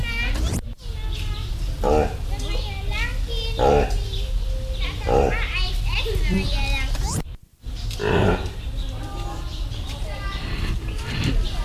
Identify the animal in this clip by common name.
Reindeer